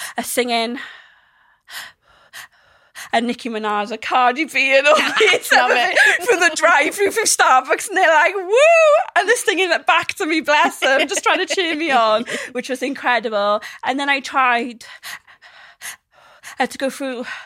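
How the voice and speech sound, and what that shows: Adult woman who has a stammer, speaking conversationally with long silent pauses and audible gasps mid-phrase, consistent with stuttering blocks. Music helps her speech.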